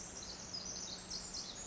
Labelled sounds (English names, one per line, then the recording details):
Pacific Wren
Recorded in Sonoma County, California